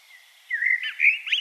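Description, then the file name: Common blackbird singing a short warbled phrase, mellow fluting notes that slide and twist in pitch for about a second after a quiet start. "Turdus merula"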